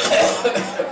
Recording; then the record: coughing mixed with background sound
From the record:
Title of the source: Cough Around the Clock!